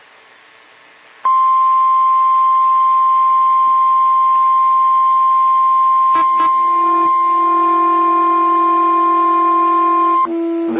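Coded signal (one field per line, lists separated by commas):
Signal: Emergency Alert System (SAME) tones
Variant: 1050 Hz attention tone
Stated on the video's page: NOAA weather radio station KHB37 evening Required Weekly Test.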